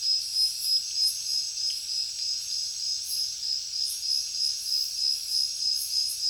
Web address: papadroid sound Nature Jungle Night Heavy Crickets